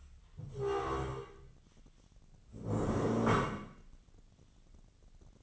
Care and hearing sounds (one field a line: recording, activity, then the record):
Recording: daily activity, microphone in the room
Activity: stand up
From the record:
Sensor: 4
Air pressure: 1013.1 hPa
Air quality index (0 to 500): 172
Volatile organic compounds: 2 ppm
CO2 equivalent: 1085 ppm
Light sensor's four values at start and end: 53/130/55/59 and 53/129/55/58